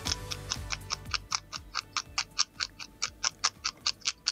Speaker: Ein Eichhörnchen. Beim Knabbern war das auf jeden Fall.